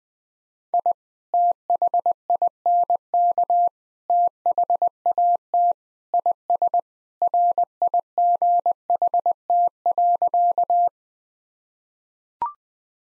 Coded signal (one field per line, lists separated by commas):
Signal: Morse code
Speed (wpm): 20 wpm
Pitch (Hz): 700 Hz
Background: none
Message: I THINK THAT IS RIGHT.